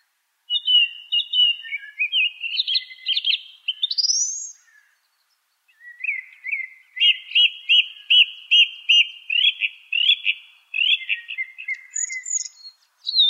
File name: suara kicauan burung song thrush. omkicau